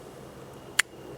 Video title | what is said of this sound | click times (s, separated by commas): Sharpening a Buck 110 Pocket Knife: Quick Tutorial for Woodcraft | and you can hear it locks right in now you also have a ceramic steel | 0.8 s